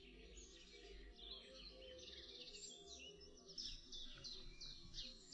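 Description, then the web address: European pied flycatcher song, a series of high, thin notes over a low background hum. "Przyroda Ptaki Mucholowka zalobna"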